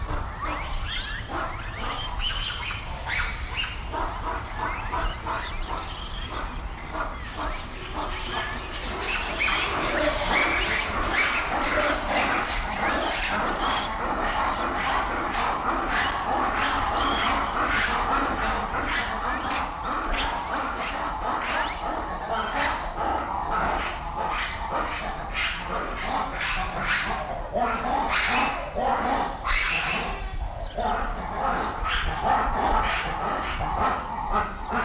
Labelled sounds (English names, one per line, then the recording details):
Japanese Macaque
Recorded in captivity
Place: Zoo Berlin, Berlin, DE
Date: 1994-07-02 10:04
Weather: sonnig, 18-24°C
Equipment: Marantz CP 430, Sennheiser ME 80, Kopie Uher Variocord 263
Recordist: Tembrock, Günter
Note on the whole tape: Vor Fütterung - nicht direkt gesehen